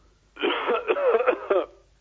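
A short run of voiced, throaty coughs and throat clearing from an adult man, acted for comedy; the listener remarks that he is coughing and must have caught corona.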